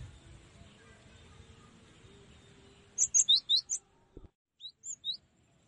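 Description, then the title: Cinereous tit giving one quick run of alternating very high and slightly lower whistled notes, then a softer short phrase after a brief click. Tutoring recording (masteran) used to train cage birds to sing. "Masteran Gelatik Batu"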